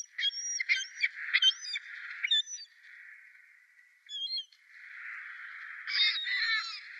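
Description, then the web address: Ring-billed gull calls, harsh squawking notes with a steady hissing background, a short burst near four seconds and a louder squealing bout at the end. "Schulze Peter Ring-billed Gull"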